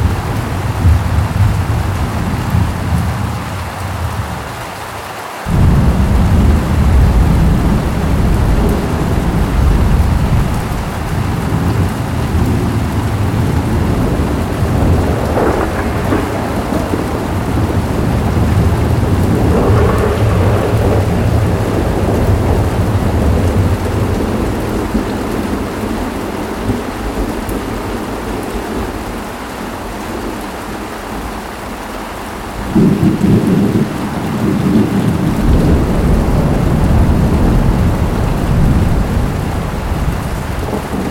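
Thunder rolls heavily over a steady rainstorm, with deep rumbling swells building from about five seconds on and peaking around fifteen to twenty seconds. Dense, constant rain hiss fills the background, and another low rumble rises near thirty-three seconds before easing.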